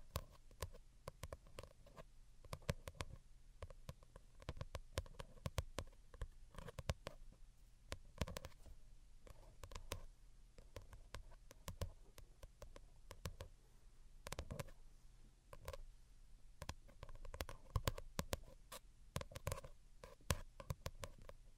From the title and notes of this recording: ASMR Most Delicate and Calming Tapping for Sleep (No Talking).